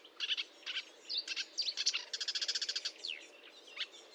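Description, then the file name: Marsh warbler song with quick mixed notes, a rattling buzzy trill midway and scattered sharp chirps. Recorded 1 June 2022 at 10:55 at Fontaine-Française (Fourneau), using a Nagra recorder with a Telinga microphone. "Rousserolle verderolle 1055 Fontaine-Francaise-Fourneau"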